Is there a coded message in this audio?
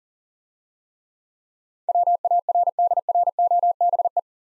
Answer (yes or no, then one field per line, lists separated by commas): yes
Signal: Morse code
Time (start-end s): 1.9-4.2 s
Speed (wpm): 42 wpm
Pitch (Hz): 700 Hz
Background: none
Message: WARDROBE